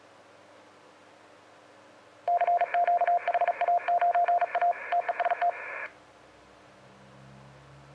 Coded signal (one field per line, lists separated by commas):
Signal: Morse code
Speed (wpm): 36 wpm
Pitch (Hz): 700 Hz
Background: radio noise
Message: CQ HA9A TEST